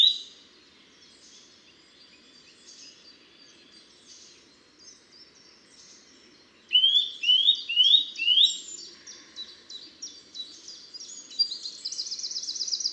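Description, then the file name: Eurasian nuthatch: faint high notes, then a burst of four rising whistles and a fast, even trill at the end. "Sitta europaea"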